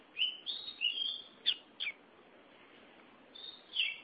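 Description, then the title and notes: Oriental magpie-robin: bird giving a few clear, high whistled notes and two short sharp notes, then a pause before a final whistle; soft, steady background hiss. "Suara Kicauan Burung Kacer Durasi Panjang. Suara kicauan burung kacer format mp3 durasi panjang"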